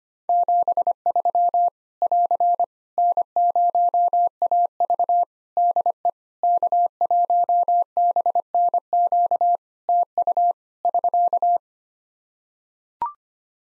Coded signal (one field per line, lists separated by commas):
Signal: Morse code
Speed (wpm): 25 wpm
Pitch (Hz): 700 Hz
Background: none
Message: 73 <AR> N0AV DE K1BNQ TU <SK>